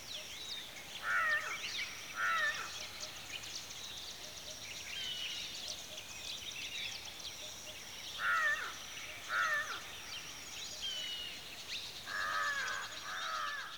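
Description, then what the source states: Birds calling, a lower nasal note repeated in pairs several times over a busy background of high twittering from many other birds. Birds at a watering hole in the afternoon.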